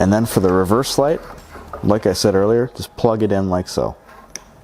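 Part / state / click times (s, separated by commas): LED reverse light bulb into tail light socket / not seated / none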